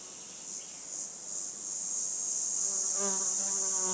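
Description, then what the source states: Red cicada buzz swelling from hesitant to full strength. 22 June 2020, 11:10, roadside between Luc and Châtillon-en-Diois, France, end of spring; hesitant start typical of its song, then builds to full-power cymbalisation; Nagra LB, MKH20 omni.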